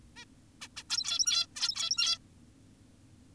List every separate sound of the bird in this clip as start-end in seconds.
0.16-0.25, 0.62-0.68, 0.77-0.83, 0.90-1.47, 1.56-2.18